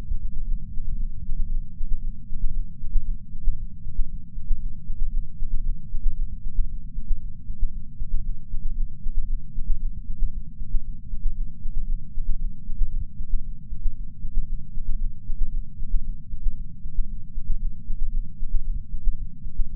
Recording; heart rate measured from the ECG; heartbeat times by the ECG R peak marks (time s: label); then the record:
heart sounds by patch sensor on the chest; 116 bpm
0.43 s: heartbeat
0.95 s: heartbeat
1.47 s: heartbeat
1.98 s: heartbeat
2.50 s: heartbeat
3.01 s: heartbeat
3.53 s: heartbeat
4.05 s: heartbeat
4.56 s: heartbeat
5.08 s: heartbeat
5.60 s: heartbeat
6.13 s: heartbeat
6.65 s: heartbeat
7.16 s: heartbeat
7.68 s: heartbeat
8.20 s: heartbeat
8.72 s: heartbeat
9.24 s: heartbeat
9.76 s: heartbeat
10.28 s: heartbeat
10.80 s: heartbeat
11.32 s: heartbeat
11.84 s: heartbeat
12.36 s: heartbeat
12.87 s: heartbeat
13.39 s: heartbeat
13.91 s: heartbeat
14.43 s: heartbeat
14.96 s: heartbeat
15.48 s: heartbeat
16.00 s: heartbeat
16.52 s: heartbeat
17.04 s: heartbeat
17.56 s: heartbeat
18.09 s: heartbeat
18.61 s: heartbeat
19.13 s: heartbeat
19.65 s: heartbeat
From the record:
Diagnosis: coronary artery disease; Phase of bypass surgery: intraoperative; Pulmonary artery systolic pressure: 19 mmHg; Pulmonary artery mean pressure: 14 mmHg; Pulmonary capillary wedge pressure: 9 mmHg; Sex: female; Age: 71 years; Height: 150 cm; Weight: 59 kg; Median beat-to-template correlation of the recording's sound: 0.94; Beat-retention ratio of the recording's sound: 0.98